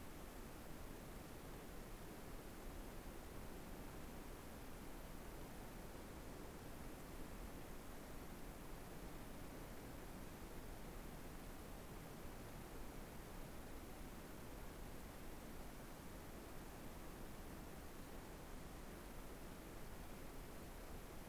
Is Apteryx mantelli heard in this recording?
no